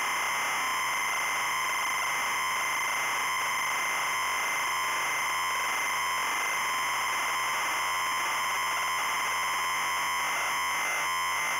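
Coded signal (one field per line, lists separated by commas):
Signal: ZX Spectrum tape loading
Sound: harsh continuous buzzing screech with rapid warbling, like a raspy square-wave buzzer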